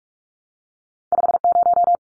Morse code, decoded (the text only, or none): 50